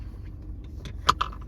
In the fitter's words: you always want to make sure it clicks and kind of locks into that next position